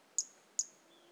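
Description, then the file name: Pumpkin toadlet calling with two short, very high, sharp notes roughly 0.4 seconds apart, each with a brief trailing tone. Individual 02, recorded 18 January 2018; animal not collected. "Brachycephalus mirissimus 18 jan 2018 individual 02 ex 01 A E Confetti not collected"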